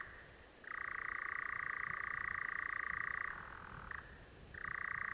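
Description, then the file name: European nightjar churring: a long, even, mechanical reel lasting about two and a half seconds, a short pause with a brief burst, then the churr starting again. "chant engoulevent deurope credit krzysztof stasiak"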